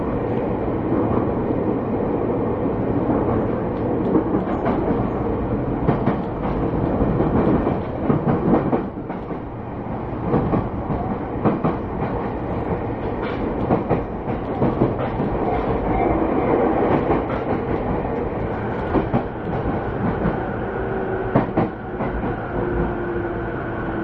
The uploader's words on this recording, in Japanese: JRE231系 成田〜我孫子。常磐線直通電車の成田線区間で録音している。午後の乗客の少ない時間での乗車の為、話し声が無い狀態で録音出来ています。成田線は駅間が長いため、モーターの高鳴りが激しくなっている。